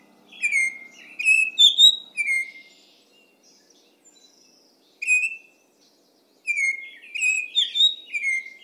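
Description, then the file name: Baltimore oriole singing: rich whistled notes, some slurring downward, in short bursts separated by pauses. "Bird Song Baltimore Oriole"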